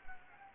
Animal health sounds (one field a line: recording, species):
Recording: mosquito wingbeat signal from an infrared sensor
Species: Anopheles gambiae